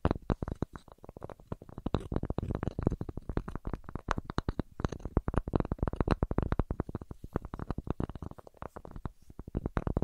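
Burning wood crackles and pops continuously, a dense stream of sharp snaps packed close together with no pauses. The crackling sounds full, with a steady low rumble beneath it and brief bursts of brighter pops scattered throughout.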